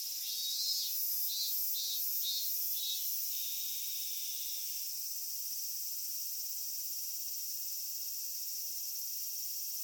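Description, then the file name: Robust cicada song: a run of pulsed, buzzy high notes repeated about twice a second for several seconds, then a steady shrill drone continues. Recorded in thickets. "hyalessa maculaticollis thickets"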